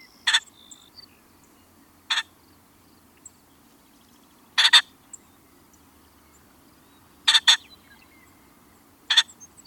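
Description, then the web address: Ring-necked pheasant giving loud, grating bursts at irregular intervals, some single and some doubled, over a quiet low background hum. "for the birds. Ring Necked Pheasant"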